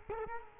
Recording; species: mosquito wingbeat signal from an infrared sensor; Culex quinquefasciatus